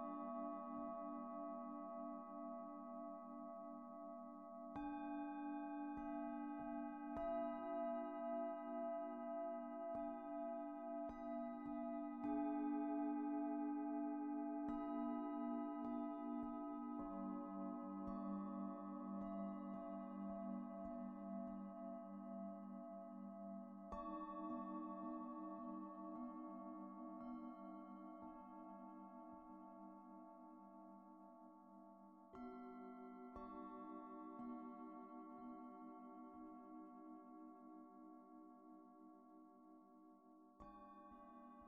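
Singing bowls ring in long, overlapping tones, with soft strikes or rubs renewing the sound every few seconds, notably near 5, 12, 17, 24 and 33 seconds. The low hum stays steady while bright upper tones shimmer and slowly fade between strikes.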